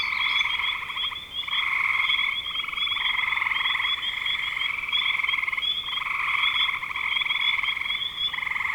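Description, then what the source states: Dense frog chorus of buzzy pulsed trills, a brief lull near the first second, then continuous overlapping calling to the end. Recorded in spring 2025.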